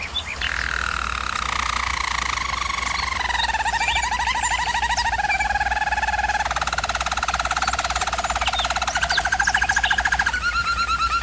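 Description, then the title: German Roller canary delivering a slowly descending roll that levels into a steady, slightly lower trill, then rises again near the end. German Roller canary singing, for canary training. "German Roller Canary Singing - Canary Training Vid"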